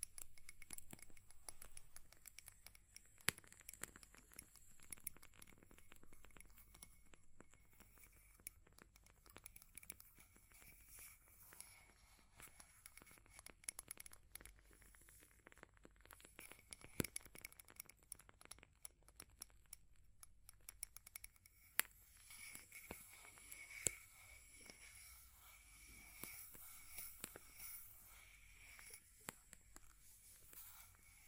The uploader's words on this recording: ASMR for PURE Relaxation and Sleep Fire Crackling, Tapping, Scratching(No Talking).